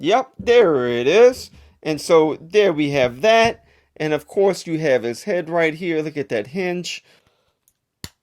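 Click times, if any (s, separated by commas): 8.0 s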